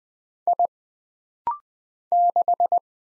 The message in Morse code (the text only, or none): I 6